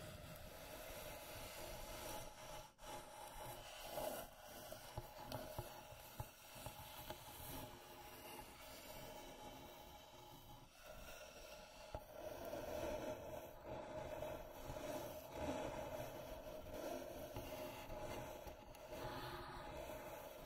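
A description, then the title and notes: Slow, continuous scratching and tracing across a wooden box, a dense rasp with brief pauses near three and eleven seconds. Wooden Box Slow Scratching and Tracing (NO TALKING).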